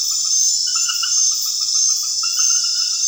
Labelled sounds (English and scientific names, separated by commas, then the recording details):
none
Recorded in secondary vegetation near Puerto Asís, Putumayo, Colombia, on 29 June 2025 at 20:30
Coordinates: 0.498, -76.327
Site GP09